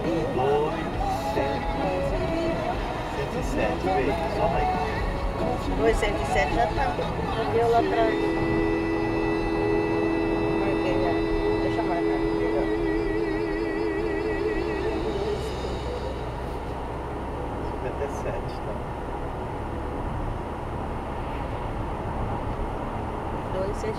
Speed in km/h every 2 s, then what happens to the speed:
68, 71, 74, 72, 69, 67, 68, 72, 75, 80, 83, 83.
0-5 steady at about 71. 5-11 slows to 67. 11-20 speeds up to 83.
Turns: none.